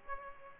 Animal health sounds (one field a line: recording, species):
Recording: mosquito wingbeat signal from an infrared sensor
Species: Aedes aegypti